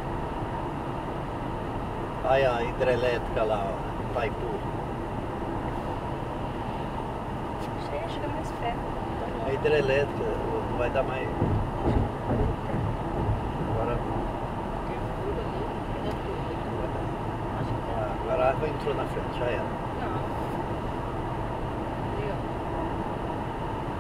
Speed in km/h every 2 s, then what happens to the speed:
101, 99, 98, 97, 98, 98, 99, 100, 101, 103, 103, 103.
0-24 steady at about 99.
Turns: none.